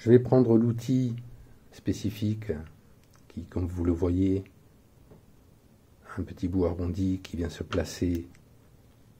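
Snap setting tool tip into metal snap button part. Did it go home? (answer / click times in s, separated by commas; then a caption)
no / none. The rounded tip of a snap-setting tool is being handled toward the metal snap button part on a leather Opinel pouch. Someone talks over faint handling noise, and nothing has clicked into place or seated yet.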